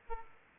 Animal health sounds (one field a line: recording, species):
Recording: mosquito wingbeat signal from an infrared sensor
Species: Aedes aegypti